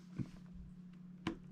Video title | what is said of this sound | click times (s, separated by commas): Defective: UPERFECT X / EVICIV Lapdock won't charge - Part 1 - Trying included adapter and cables | snaps in good cable fits good | 1.3 s